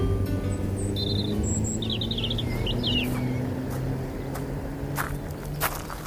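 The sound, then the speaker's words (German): A car engine rumbles steadily as a woman gets into her car and drives away, the low drone easing slightly toward the end, while birds chirp and tweet in high bursts over the first few seconds. “Dann setzte sie sich wieder in ihr Auto und fuhr davon.”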